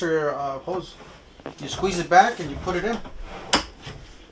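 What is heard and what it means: A hose quick connector has its sleeve squeezed back and is pushed onto the fitting of a Hart 20V rinser kit while someone talks. A sharp click at 3.5 seconds marks the connector clamping in, seated.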